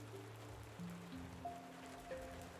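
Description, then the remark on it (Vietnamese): Heavy rain pours in a steady, dense hiss that never lets up, growing ever heavier under a darkening sky, with low sustained tones humming faintly underneath and shifting pitch a few times. “Bầu trời mỗi lúc càng thêm u ám, mưa cũng ngày càng nặng hạt.”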